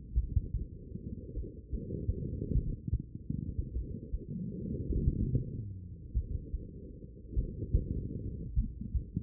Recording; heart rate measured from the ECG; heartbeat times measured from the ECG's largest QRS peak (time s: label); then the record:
heart sounds by stethoscope; 50 bpm
0.13 s: heartbeat
1.32 s: heartbeat
2.52 s: heartbeat
3.71 s: heartbeat
4.92 s: heartbeat
6.12 s: heartbeat
7.33 s: heartbeat
8.54 s: heartbeat
From the record:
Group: heart failure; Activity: rest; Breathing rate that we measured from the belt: 21 breaths a minute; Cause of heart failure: idiopathic cardiomyopathy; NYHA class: 2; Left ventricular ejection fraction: 53%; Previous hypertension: present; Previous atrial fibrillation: present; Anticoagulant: apixaban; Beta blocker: bisoprolol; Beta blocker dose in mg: 2.5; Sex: female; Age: 67 years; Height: 150 cm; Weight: 81 kg